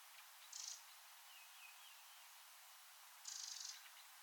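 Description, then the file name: Eurasian wren calling, two short, very high buzzy rattles about three seconds apart, with a faint thin warbling note between them. "Troglodytes troglodytes"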